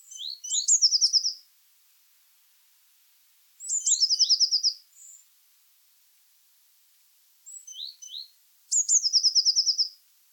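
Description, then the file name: Eurasian blue tit: high thin notes followed by a quick trill, given three times with pauses of two seconds or more, plus a faint soft note. "Cyanistes caeruleus"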